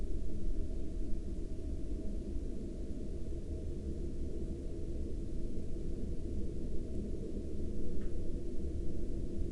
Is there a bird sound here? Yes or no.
no